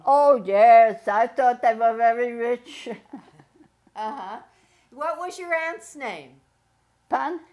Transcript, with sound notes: Oh yes, I thought they were very rich. (chuckles)
Uh huh. What was your aunt's name?
Huh?